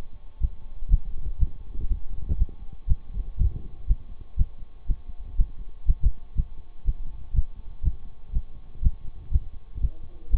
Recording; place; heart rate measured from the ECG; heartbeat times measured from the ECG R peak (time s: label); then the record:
heart sounds by stethoscope; between the tricuspid and mitral areas; 121 bpm
0.42 s: heartbeat
0.91 s: heartbeat
1.40 s: heartbeat
1.90 s: heartbeat
2.39 s: heartbeat
2.89 s: heartbeat
3.39 s: heartbeat
3.89 s: heartbeat
4.38 s: heartbeat
4.88 s: heartbeat
5.38 s: heartbeat
5.87 s: heartbeat
6.37 s: heartbeat
6.86 s: heartbeat
7.35 s: heartbeat
7.84 s: heartbeat
8.34 s: heartbeat
8.83 s: heartbeat
9.33 s: heartbeat
9.82 s: heartbeat
10.32 s: heartbeat
From the record:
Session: bicycle stress test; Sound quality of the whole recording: good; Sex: male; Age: 26 years